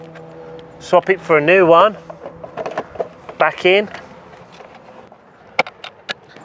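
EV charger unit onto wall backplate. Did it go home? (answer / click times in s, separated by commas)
yes / 5.6 s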